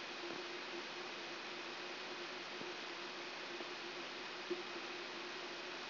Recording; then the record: brain microelectrode recording played as sound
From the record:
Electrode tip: outside the subthalamic nucleus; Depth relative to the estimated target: -1 mm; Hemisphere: right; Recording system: AlphaMap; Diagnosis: Parkinson's disease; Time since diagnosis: 11 years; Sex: female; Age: 52 years